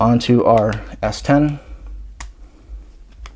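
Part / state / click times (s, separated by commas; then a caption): bumper case onto smartphone / seated / 2.2 s, 3.3 s. Someone talks, then a RhinoShield CrashGuard bumper case is fitted onto a Samsung Galaxy S10, with sharp snap clicks at 2.2 s and 3.3 s. The bumper case snaps into place easily and is seated on the phone.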